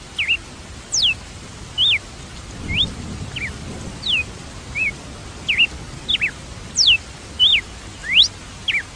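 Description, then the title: Red-cowled cardinal giving a series of bright whistled notes at an irregular pace, mixing sharp downward sweeps and short looping slurs, with soft low background rumble. "Galo de Campina"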